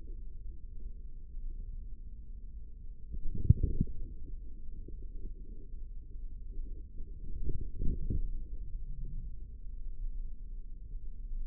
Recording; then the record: forearm muscle sounds (acoustic myography)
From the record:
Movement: forearm pronation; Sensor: system 3, bracelet of six PUI Audio POM-2738L microphones around the upper forearm, with dedicated amplification and filtering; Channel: 5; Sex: male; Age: 55 years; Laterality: right